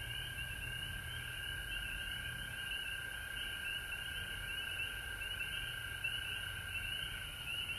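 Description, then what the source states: Steady frog chorus, overlapping trills forming two level tones that hold for the whole stretch, with a low hum beneath. Frogs recorded at home in Georgia on March 19, 2020.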